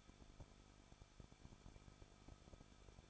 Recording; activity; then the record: daily activity, microphone in the room; no activity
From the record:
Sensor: 5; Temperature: 20.7 degrees Celsius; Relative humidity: 38.3%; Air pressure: 1006.6 hPa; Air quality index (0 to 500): 186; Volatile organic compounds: 17 ppm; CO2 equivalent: 2597 ppm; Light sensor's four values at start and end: 2/3/1/1 and 2/3/1/1